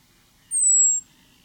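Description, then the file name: European robin making one thin, high-pitched drawn-out whistle, falling gently, about half a second long, over quiet background. "Erithacus rubecula"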